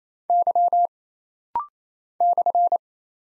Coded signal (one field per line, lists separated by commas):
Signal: Morse code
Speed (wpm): 27 wpm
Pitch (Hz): 700 Hz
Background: none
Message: Y /